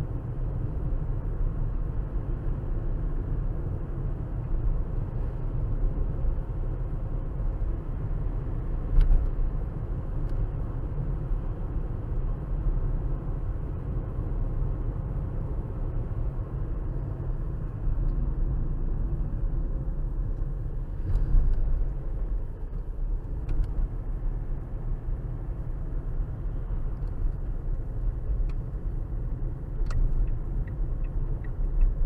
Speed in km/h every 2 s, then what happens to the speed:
58, 58, 56, 58, 58, 60, 58, 58, 56, 53, 44, 44, 40, 40, 40, 40.
0-15 steady at about 58. 15-20 slows to 44. 20-32 steady at about 40.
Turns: none.